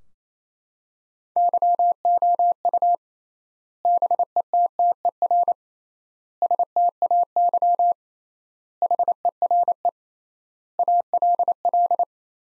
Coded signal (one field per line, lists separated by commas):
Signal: Morse code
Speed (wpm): 28 wpm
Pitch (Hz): 700 Hz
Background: none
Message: YOU BETTER STAY HERE ALL